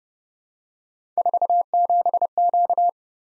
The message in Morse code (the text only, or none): 47Q